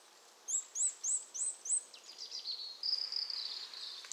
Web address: SETE data Sitta europaea